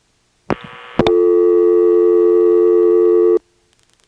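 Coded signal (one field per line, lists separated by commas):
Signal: telephone call progress tone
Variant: North America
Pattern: dial tone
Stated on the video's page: Step-by-step telephone exchange with ESS tones in Washington, North Carolina, 1977.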